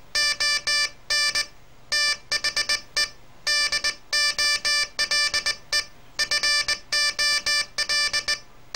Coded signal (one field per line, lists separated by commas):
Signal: Morse code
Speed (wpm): 19 wpm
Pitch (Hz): 1750 Hz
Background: none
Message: ON THE DOLE FOL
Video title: Morse Code 008 (for enthusiasts)